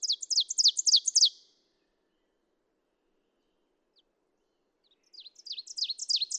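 Ovenbird song: a fast run of high, sharp two-part phrases, then a pause of several seconds before a second, softer run of the same chanting notes begins.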